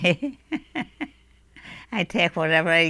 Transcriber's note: she laughs